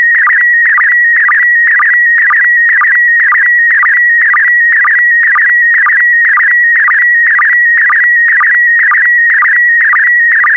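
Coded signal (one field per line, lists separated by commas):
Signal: SSTV (slow-scan television)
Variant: PD120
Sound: continuous warbling tone near 2 kHz with a short low blip every half second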